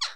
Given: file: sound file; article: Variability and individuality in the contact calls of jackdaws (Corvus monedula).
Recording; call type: jackdaw call; harmonic